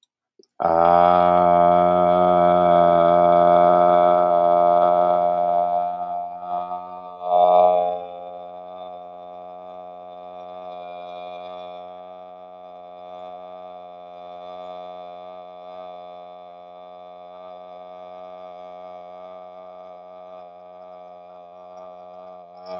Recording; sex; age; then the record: vowel held as long as possible; male; 40 to 49 years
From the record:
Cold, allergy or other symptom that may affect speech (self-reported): no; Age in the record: 45 years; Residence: Texas, United States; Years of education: 16